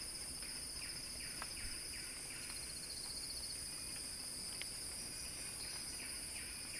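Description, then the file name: Cicada song as a constant high-pitched drone, with faint short falling chirps and a brief rapid ticking trill in the background. Cicada song building in a crescendo. "Axel-Drioli Cicada-Crescendo-Sounding-Wild"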